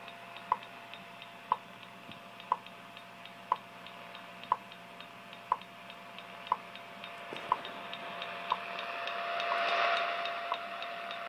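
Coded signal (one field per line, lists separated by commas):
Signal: radio time signal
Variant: WWV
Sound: sharp ticks each second over a steady tone and hiss, about eleven ticks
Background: radio static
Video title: WWV 25mhz great reception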